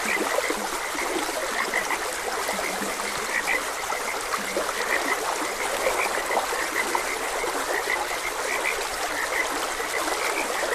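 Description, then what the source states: Frogs calling in an ongoing chorus of brief croaks and chirps, layered over the constant flow of a stream. Frogs croaking beside a gentle stream.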